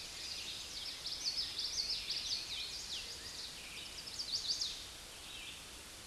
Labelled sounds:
Common Yellowthroat song
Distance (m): 30 m
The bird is about 10 m below the microphone
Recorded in a Pennsylvania forest on 16 May 2024 at 06:56
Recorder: AudioMoth, point MSD-0690
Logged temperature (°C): 16.0 °C
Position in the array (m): 200 m, 81 m

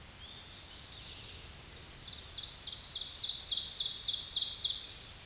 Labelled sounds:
Ovenbird song
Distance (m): 30 m
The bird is about 5 m above the microphone
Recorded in a Pennsylvania forest on 16 May 2024 at 07:23
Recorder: AudioMoth, point MSD-2146
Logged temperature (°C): 16.7 °C
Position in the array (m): 150 m, -7 m

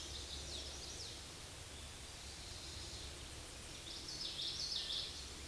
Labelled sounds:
Common Yellowthroat song
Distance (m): 30 m
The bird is about 5 m below the microphone
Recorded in a Pennsylvania forest on 16 May 2024 at 09:25
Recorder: AudioMoth, point MSD-2456
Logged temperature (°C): 16.4 °C
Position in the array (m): 180 m, 83 m

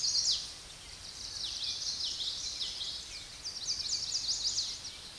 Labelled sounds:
Chestnut-sided Warbler song
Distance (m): 45 m
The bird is about 10 m above the microphone
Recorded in a Pennsylvania forest on 16 May 2024 at 06:57
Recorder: AudioMoth, point MSD-2320
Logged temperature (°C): 12.8 °C
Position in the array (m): 171 m, 176 m

